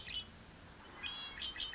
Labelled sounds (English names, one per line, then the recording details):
Red-winged Blackbird
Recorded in Sonoma County, California